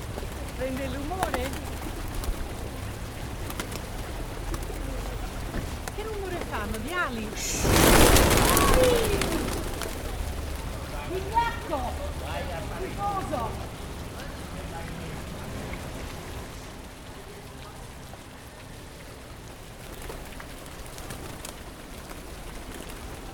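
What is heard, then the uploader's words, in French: Pigeons gather on a square in Rome, their soft cooing and chatter scattered through the first half amid a low steady hum. Around eight seconds a loud rushing burst, likely wings, sweeps past for about two seconds. Afterward the sounds thin to a quieter murmur. Les Pigeons de Rome. Pigeons enregistrés sur la place située devant le Palais Farnese. Le micro est mis près du sac de graines que leur distribue une vieille romaine.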